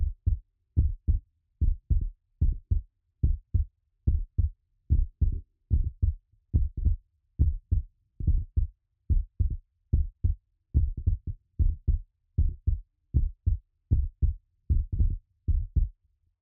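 Steady paired low thumps, lub-dub, repeat at about 72 beats a minute with clear pauses between beats. It is a heartbeat, with no added noise.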